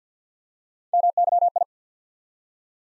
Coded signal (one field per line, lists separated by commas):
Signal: Morse code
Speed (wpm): 50 wpm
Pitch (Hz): 700 Hz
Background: none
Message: MYI